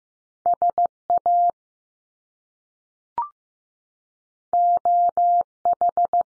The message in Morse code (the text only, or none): S A O H